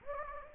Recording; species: mosquito wingbeat signal from an infrared sensor; Anopheles gambiae